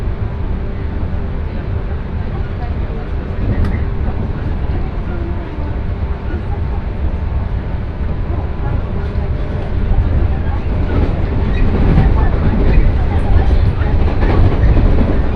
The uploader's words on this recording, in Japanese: 耳で楽しむ鉄道旅 山陽本線 倉敷→福山。この車両は播州赤穂発福山行きで昨日朝に乗った車両と同じでした。115系らしいモーターの唸りを響かせながら福山に着きます。